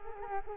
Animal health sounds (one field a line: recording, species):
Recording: mosquito wingbeat signal from an infrared sensor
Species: Culex quinquefasciatus